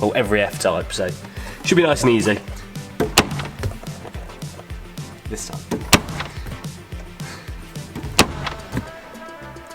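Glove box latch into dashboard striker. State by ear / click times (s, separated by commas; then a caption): not seated / none. Someone talks, then attempts to close the glove box on a Jaguar F-Type SVR so its latch catches in the dashboard striker, with sharp knocks and taps around 3.2 s and 8.2 s. The glove box latch fails to catch, and nothing has seated or clicked.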